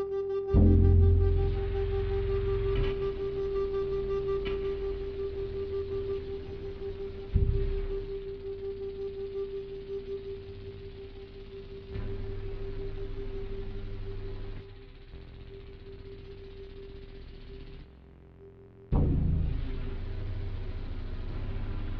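A steady electronic drone holds one sustained tone throughout, with low rumbling swells and sharp attacks near 1, 7.5 and 19 seconds.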